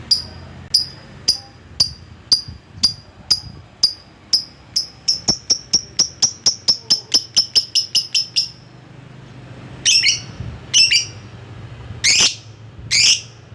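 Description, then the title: Lovebird making a long run of sharp ticking notes that speed up, followed by four harsh screeching chirps. Lovebird calling to a rival. "Lovebird Memanggil Lawan"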